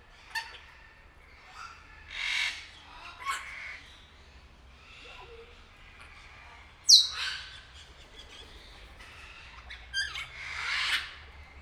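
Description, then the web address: Grey parrot giving scattered harsh squawks with quiet gaps, then a sharp falling whistle near the middle, followed by more rasping squawks. Captive bird at Nyíregyháza Zoo, 2019. "allathangok nyiregyhazizoo 2019 professzionalis jako papagaj hosszabban nyiregyhaza"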